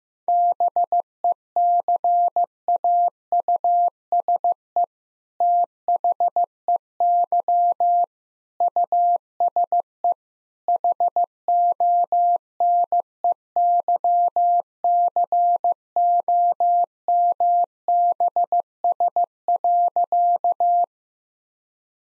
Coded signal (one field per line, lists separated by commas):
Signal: Morse code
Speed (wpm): 16 wpm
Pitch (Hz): 700 Hz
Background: none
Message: BECAUSE THEY USE HONEYCOMBS.